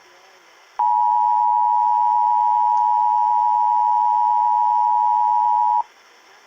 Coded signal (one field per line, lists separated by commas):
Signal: Emergency Alert System (SAME) tones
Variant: 853 and 960 Hz attention tone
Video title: EAS 707 FIRE WARNING FOR KS